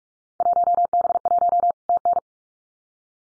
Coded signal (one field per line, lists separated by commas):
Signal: Morse code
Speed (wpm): 46 wpm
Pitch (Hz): 700 Hz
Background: none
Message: 1B1 TN